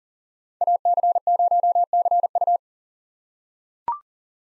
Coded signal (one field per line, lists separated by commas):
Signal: Morse code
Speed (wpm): 40 wpm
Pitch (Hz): 700 Hz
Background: none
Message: AC0CU